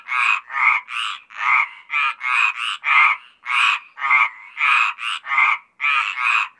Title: Sylvain Jaskowiak - Animus. Rainettes méridionales - Apt, Vaucluse - juin 2010